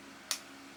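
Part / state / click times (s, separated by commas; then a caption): cosmetic jar lid onto lip scrub container / seated / 0.3 s. A cosmetic jar lid is closed onto a lip scrub container, giving a single sharp click at 0.3 s. The lid snaps shut and is seated. There is no talking in the clip, only a quiet steady background.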